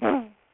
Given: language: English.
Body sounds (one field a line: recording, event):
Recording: throat vibration sensor signal played as sound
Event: throat clearing